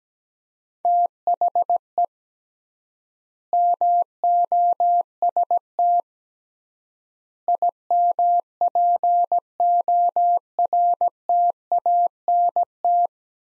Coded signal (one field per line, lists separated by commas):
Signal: Morse code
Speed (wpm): 17 wpm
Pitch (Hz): 700 Hz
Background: none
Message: THE MOST IMPORTANT